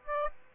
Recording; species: mosquito wingbeat signal from an infrared sensor; Aedes aegypti